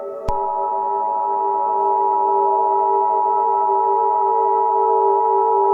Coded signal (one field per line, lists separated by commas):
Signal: Emergency Alert System (SAME) tones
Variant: 853 and 960 Hz attention tone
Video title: Teenage Kraken Invasion - An EAS Scenario